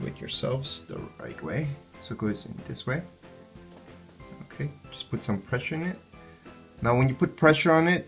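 An SD memory card is handled and pressed into the spring-loaded card slot of a GoPro Hero action camera while someone talks over steady background music. Nothing has seated or clicked yet; the card is not yet home in the slot.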